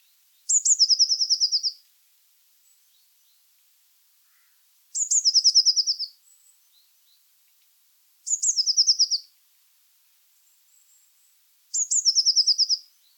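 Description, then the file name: Eurasian blue tit repeating a high, bright trill four times, each a sharp thin note then a quick run of even notes, every few seconds. "Cyanistes caeruleus"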